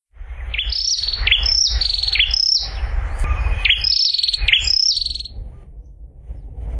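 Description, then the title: Prinia singing a fast series of high, sharp chirps with stepped downward flicks, several notes per second, then quieting, with low background rumble. "prenjk gnung. prenjak"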